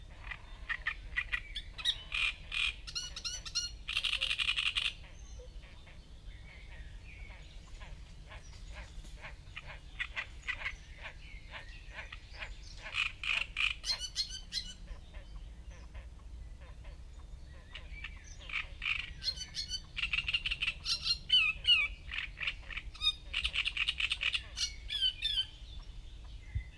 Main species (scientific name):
Acrocephalus arundinaceus